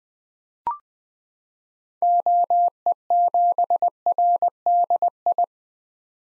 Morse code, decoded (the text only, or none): OE7RDI